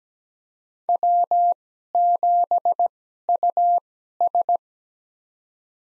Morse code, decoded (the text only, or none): W7US